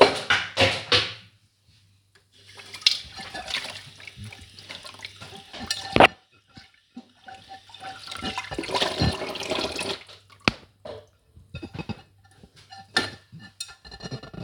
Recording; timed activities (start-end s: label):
household activities, microphone on the right wrist
0.00-14.44 s: washing dishes